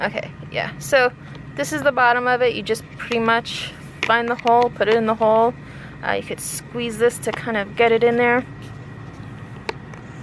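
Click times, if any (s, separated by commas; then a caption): 9.7 s. Someone talks while lining the bottom of a cordless garden tool's shaft section up with the hole, squeezing the release tab and pushing the section into the coupling. One sharp plastic click is heard at 9.7 seconds, and the shaft section is seated in the coupling.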